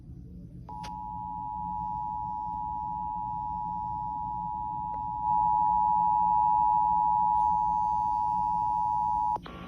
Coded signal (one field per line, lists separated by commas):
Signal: Emergency Alert System (SAME) tones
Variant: 853 and 960 Hz attention tone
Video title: SVR on 96.1 WSTO-FM (EAS #103)